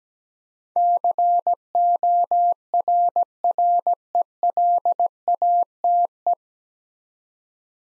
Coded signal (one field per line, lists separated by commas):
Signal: Morse code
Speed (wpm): 17 wpm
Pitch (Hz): 700 Hz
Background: none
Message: CORRELATE